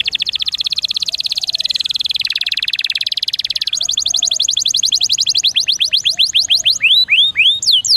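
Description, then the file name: Canary song starting with a long fast buzzy trill that slowly changes, then shifting to slower descending and looping whistled notes. Canary song in the cengkok mewah (ornate) song style. "suara kenari cengkok mewah"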